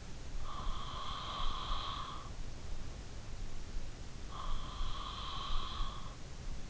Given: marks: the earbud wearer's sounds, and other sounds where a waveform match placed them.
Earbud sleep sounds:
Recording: sounds in sleep by an in-ear microphone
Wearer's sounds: breath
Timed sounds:
0.00-2.75 s: breath
4.29-6.69 s: breath

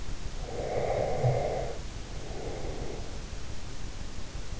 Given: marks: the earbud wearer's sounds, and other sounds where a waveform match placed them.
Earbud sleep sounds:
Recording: sounds in sleep by an in-ear microphone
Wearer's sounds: breath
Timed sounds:
0.28-3.05 s: breath

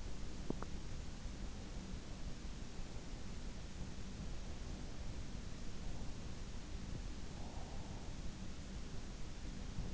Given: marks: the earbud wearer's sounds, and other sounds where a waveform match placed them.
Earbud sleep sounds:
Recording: sounds in sleep by an in-ear microphone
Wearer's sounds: teeth grinding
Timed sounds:
0.00-1.30 s: teeth grinding

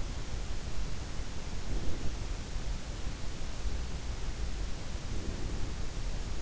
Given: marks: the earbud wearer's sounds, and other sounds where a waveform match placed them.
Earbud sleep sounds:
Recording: sounds in sleep by an in-ear microphone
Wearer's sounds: breath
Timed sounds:
1.49-2.53 s: breath
4.83-6.02 s: breath

